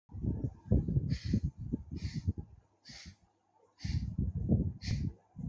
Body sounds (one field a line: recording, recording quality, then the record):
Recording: shallow breathing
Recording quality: moderate, slight background noise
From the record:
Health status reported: healthy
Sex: male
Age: 27 years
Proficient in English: yes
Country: India